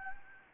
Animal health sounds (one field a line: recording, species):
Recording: mosquito wingbeat signal from an infrared sensor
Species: Anopheles gambiae